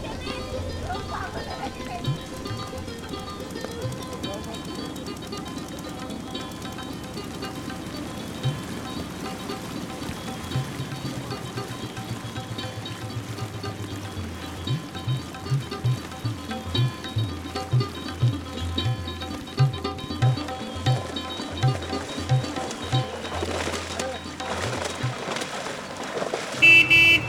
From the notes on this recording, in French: De l'aube au crépuscule, du coq au muezzin, de l'orage à la danse.